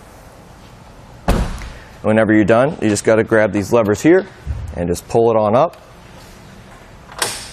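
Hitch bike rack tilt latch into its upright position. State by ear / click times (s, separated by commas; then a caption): seated / 7.1 s, 7.2 s. Someone talks while pulling the levers on a Saris Glide EX hitch bike rack for 4 bikes on a 2018 Jeep Cherokee to raise it back up after accessing the hatch, with a sharp thump near 1.3 s. The metal pivot tilt latch engages with a clunk at 7.1 s and 7.2 s, locking the rack into its upright position.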